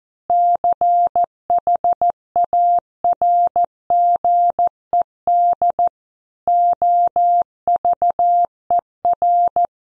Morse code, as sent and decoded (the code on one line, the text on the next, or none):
-.-. .... .- .-. --. . -.. / --- ...- . .-.
CHARGED OVER